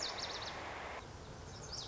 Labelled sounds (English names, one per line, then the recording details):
Lazuli Bunting
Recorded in Sonoma County, California